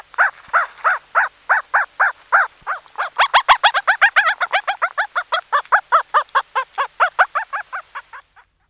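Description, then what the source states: Dog uttering a long run of quick, shrill yelps that speed up and overlap into a frantic burst midway, then slow and stop. One puppy.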